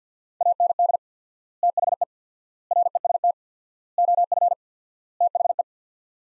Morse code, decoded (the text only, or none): AND THE REST OF THE